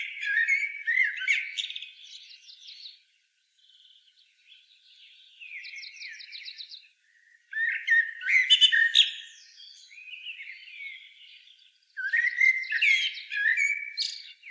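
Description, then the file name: Common blackbird pouring out warbled phrases laced with high, rattling trills, separated by a few short quiet gaps. "Turdus merula"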